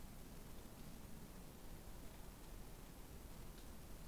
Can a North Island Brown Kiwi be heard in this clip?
no